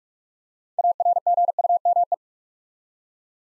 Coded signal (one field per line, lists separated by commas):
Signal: Morse code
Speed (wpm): 44 wpm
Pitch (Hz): 700 Hz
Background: none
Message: ARGUME